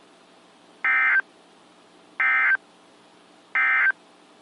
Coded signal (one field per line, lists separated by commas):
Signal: Emergency Alert System (SAME) tones